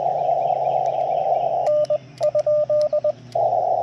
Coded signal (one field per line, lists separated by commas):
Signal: Morse code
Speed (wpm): 20 wpm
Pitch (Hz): 590 Hz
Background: radio noise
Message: N?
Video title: Yaesu FT-891 Backpack Portable POTA CW Activation - 6/28/23 @ K-3714